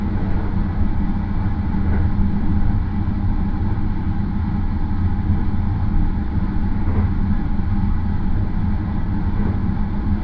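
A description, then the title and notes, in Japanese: A Marine Liner rapid train on the Yosan Line runs at a steady pace, with a dense, constant low rumble and a softer hiss above it. Faint brief clicks, likely from the rails, surface around two, seven and nine seconds. 予讃線 快速マリンライナー40号 高松→岡山。日も暮れてしまった。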